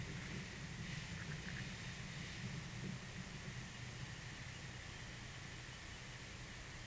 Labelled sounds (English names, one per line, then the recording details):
none
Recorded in pastures near Puerto Asís, Putumayo, Colombia, on 23 June 2025 at 10:00
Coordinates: 0.486, -76.323
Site H29